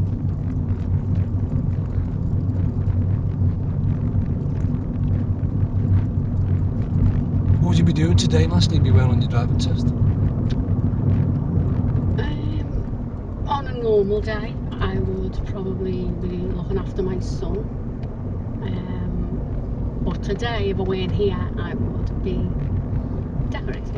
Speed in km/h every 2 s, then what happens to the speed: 31, 32, 34, 35, 39, 40, 44, 44, 45, 45, 45, 44.
0-12 speeds up to 44. 12-24 steady at about 44.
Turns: none.